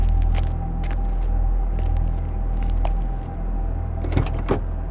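A car door eases open with scattered creaks and clicks over a steady low engine hum, then a couple of sharper thumps as someone climbs out. No one speaks.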